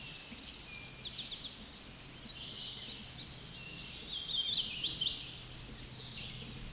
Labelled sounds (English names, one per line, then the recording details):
Hooded Warbler song
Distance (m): 100 m
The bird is about 20 m above the microphone
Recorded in a Pennsylvania forest on 16 May 2024 at 09:50
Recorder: AudioMoth, point MSD-0215
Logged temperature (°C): 16.1 °C
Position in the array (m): -44 m, 175 m